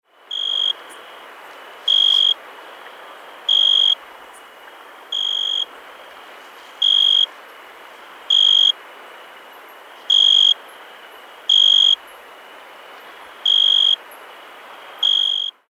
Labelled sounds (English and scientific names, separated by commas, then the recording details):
Tree Cricket (Oecanthus pellucens)
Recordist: Frommolt, Karl-Heinz
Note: Gesang